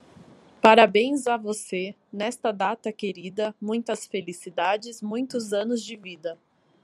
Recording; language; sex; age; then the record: short text; Brazilian Portuguese; female; 30 to 39 years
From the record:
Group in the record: control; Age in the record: 31 years